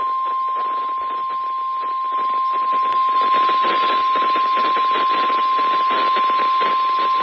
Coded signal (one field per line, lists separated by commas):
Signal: Emergency Alert System (SAME) tones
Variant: 1050 Hz attention tone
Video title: SVR on KWO39 (EAS #208)